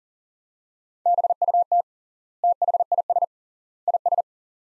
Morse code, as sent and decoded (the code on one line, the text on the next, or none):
-... ..- - / - .... .. ... / .. ...
BUT THIS IS